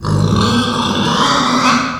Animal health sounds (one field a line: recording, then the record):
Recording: squeal of a Yucatan mini pig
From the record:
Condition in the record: after surgery on the right vocal fold (resection and tissue-engineered implant)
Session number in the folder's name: 16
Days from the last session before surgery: 183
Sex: female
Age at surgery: 19 weeks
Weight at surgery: 25 kg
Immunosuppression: prednisolone